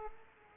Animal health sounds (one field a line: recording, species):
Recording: mosquito wingbeat signal from an infrared sensor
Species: Aedes aegypti